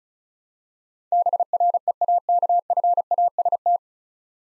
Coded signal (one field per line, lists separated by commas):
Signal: Morse code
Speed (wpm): 36 wpm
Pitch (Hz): 700 Hz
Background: none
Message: BREAKFAST